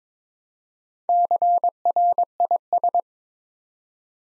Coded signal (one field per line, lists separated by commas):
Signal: Morse code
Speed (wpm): 22 wpm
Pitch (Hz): 700 Hz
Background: none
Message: CRIS